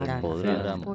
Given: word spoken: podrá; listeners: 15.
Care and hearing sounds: one Spanish word in noise, from a listening test; four-talker babble; -1.0 dB; 1 of 15; 6 of 15; 0.55 s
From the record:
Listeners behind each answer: 6, 3, 2, 1, 1, 1, 1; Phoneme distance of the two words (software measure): 7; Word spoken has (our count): 2 syllables, 5 phonemes, stress on syllable 2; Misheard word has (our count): 2 syllables, 6 phonemes, stress on syllable 2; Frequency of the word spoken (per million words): 103.59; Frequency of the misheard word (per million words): 60.61

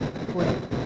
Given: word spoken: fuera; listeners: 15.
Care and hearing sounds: one Spanish word in noise, from a listening test; noise modulated by three-talker babble; -4.2 dB; 1 of 15; 8 of 15; 0.46 s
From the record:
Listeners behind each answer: 8, 3, 2, 1, 1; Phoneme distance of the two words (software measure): 14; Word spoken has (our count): 2 syllables, 5 phonemes, stress on syllable 1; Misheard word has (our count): 1 syllable, 3 phonemes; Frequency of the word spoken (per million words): 353.82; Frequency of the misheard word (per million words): 1466.92

